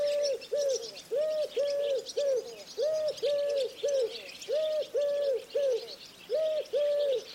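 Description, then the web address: Bird giving low, steady coos in short groups of two or three, repeated throughout. "Bird Only"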